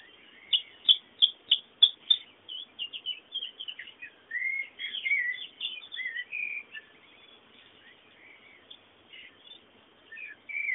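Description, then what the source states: Birdsong opening with a series of sharp, evenly spaced clicking chirps, then warbled twittering phrases, trailing off into scattered soft calls. Background birdsong.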